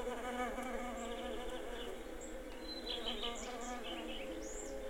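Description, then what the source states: Bees droning in a continuous buzz while birds chirp and whistle brief high notes. Bees and birds in a garden.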